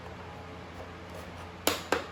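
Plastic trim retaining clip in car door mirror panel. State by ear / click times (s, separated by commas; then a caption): released / 1.7 s, 1.9 s. A pry tool presses down on the plastic retaining clips of a car door mirror trim panel, and two sharp pops ring out at 1.7 s and 1.9 s over a low steady hum. The trim clips pop out and are released.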